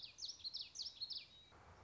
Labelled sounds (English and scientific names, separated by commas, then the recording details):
Common Yellowthroat (Geothlypis trichas)
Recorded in Sonoma County, California